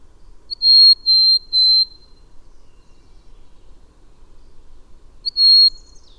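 Bird song of three pure, high, steady whistled notes in quick succession, a pause of about three seconds, then a single matching whistle; faint low background hum.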